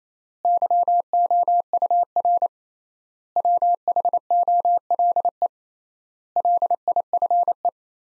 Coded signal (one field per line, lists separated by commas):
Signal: Morse code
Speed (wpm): 28 wpm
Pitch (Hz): 700 Hz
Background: none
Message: YOUR WHOLE LIFE